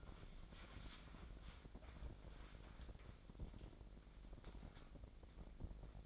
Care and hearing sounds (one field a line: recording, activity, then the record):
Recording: daily activity, microphone in the room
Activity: wipe stove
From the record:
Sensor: 5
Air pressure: 1012.4 hPa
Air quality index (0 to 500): 158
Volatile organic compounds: 2 ppm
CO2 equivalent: 1072 ppm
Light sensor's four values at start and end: 172/409/175/199 and 179/425/183/217